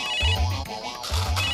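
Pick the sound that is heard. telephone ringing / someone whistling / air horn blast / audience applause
telephone ringing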